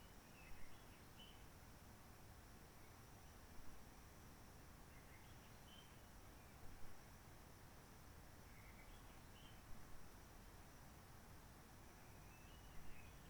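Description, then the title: Réunion bulbul giving faint short song phrases every few seconds over constant hiss and a thin steady high whine. Roche Merveilleuse, Réunion; forest quiet since 19 March 2020, no people, microlights or helicopters; sunny blue sky; birds not very active; sings simpler, short phrases adapted to noise pollution. "Roche Merveilleuse, Réunion - Merle de lîle de la Réunion."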